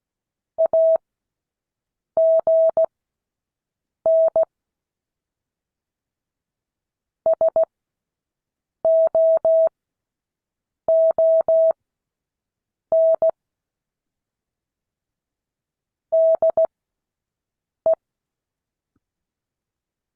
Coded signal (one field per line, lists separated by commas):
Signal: Morse code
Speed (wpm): 16 wpm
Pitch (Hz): 650 Hz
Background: none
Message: AGN SOON DE